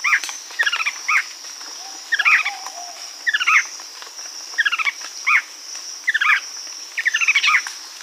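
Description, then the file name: Bird calling in short bursts of rapid, descending chirpy notes, repeated roughly every second, over a steady high insect-like whine. "SABIOD 50 bird 2015"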